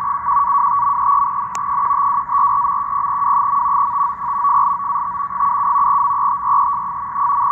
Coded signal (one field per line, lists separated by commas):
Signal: NAVTEX (SITOR-B)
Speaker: you can see the code so here you can see the matching lines footed the code and of course to the code going on right here